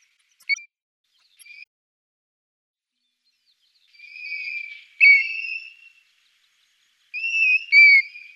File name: European Golden-Plover